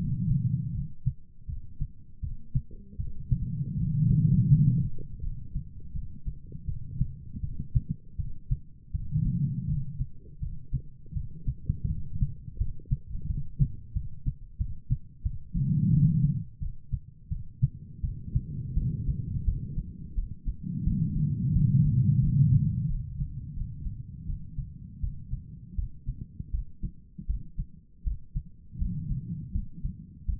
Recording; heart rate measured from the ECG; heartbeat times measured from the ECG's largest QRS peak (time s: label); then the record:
heart sounds by stethoscope; 83 bpm
0.72 s: heartbeat
1.46 s: heartbeat
2.21 s: heartbeat
2.97 s: heartbeat
3.75 s: heartbeat
4.49 s: heartbeat
5.21 s: heartbeat
5.93 s: heartbeat
6.66 s: heartbeat
7.41 s: heartbeat
8.17 s: heartbeat
8.92 s: heartbeat
9.67 s: heartbeat
10.40 s: heartbeat
11.14 s: heartbeat
11.87 s: heartbeat
12.58 s: heartbeat
13.27 s: heartbeat
13.94 s: heartbeat
14.58 s: heartbeat
15.23 s: heartbeat
15.91 s: heartbeat
16.59 s: heartbeat
17.29 s: heartbeat
18.01 s: heartbeat
18.75 s: heartbeat
19.45 s: heartbeat
20.15 s: heartbeat
20.84 s: heartbeat
21.53 s: heartbeat
22.21 s: heartbeat
22.87 s: heartbeat
23.54 s: heartbeat
24.26 s: heartbeat
25.01 s: heartbeat
25.76 s: heartbeat
26.51 s: heartbeat
27.27 s: heartbeat
28.04 s: heartbeat
28.78 s: heartbeat
29.52 s: heartbeat
30.26 s: heartbeat
From the record:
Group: healthy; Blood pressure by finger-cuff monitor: 112/81 mmHg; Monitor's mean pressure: 94 mmHg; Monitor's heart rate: 81 bpm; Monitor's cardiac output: 4.9 L/min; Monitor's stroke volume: 59 mL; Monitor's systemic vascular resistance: 1440 dyn s/cm5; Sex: female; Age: 51 years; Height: 162 cm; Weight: 70.04 kg